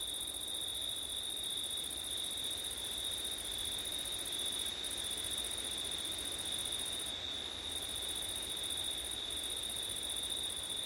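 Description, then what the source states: Cricket: steady high-pitched trilling, the upper voice pausing briefly a few times, with continuous wind noise below. Crickets recorded on a September night with wind.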